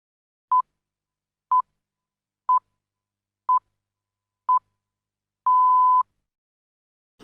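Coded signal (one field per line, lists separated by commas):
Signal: radio time signal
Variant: Greenwich Time Signal pips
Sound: five short 1 kHz pips a second apart, then a longer sixth pip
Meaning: The start of the long final pip marks the exact hour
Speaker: ആറ് പീപ്പ് ശബ്ദങ്ങളാണ് ഗ്രീനിച്ച് ടൈം സിഗ്നൽ അഥവാ ദി പീസ് എന്നറിയപ്പെടുന്നത്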